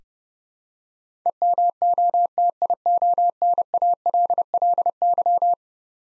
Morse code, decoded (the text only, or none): EMOTIONALLY